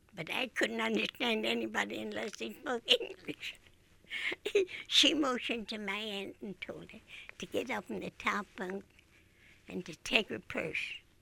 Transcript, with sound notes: But I couldn't understand anybody unless they spoke English. [Laughs] She motioned to my aunt and told her to get up in the top bunk and to take her purse